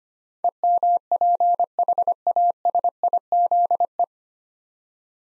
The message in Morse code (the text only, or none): EMPHASIZE